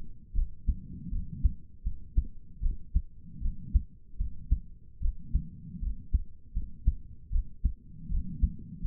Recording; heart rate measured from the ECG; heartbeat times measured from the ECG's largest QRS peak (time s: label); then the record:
heart sounds by stethoscope; 78 bpm
0.34 s: heartbeat
1.11 s: heartbeat
1.84 s: heartbeat
2.62 s: heartbeat
3.41 s: heartbeat
4.19 s: heartbeat
5.01 s: heartbeat
5.81 s: heartbeat
6.54 s: heartbeat
7.31 s: heartbeat
8.10 s: heartbeat
8.82 s: heartbeat
From the record:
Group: healthy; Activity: rest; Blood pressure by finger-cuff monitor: 82/52 mmHg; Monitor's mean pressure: 64 mmHg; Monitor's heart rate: 79 bpm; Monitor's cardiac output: 6.3 L/min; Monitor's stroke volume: 81 mL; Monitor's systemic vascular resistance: 710 dyn s/cm5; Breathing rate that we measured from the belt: 26 breaths a minute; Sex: female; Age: 22 years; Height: 163 cm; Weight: 67.1 kg